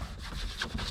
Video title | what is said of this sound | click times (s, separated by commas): 2020 2021 2022 upwards ford focus radio removal | on a slight angle like that and then push up and you'll hear the click | 0.6 s